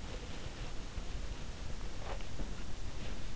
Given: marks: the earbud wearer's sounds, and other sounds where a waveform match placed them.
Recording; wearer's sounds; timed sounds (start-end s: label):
sounds in sleep by an in-ear microphone; body movement
0.00-3.34 s: body movement